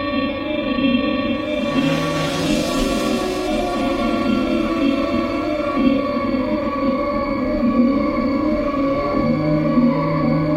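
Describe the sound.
Bees buzzing: a steady, droning hum with rich overtones, its pitch wavering slightly throughout, with a brief hiss near the start.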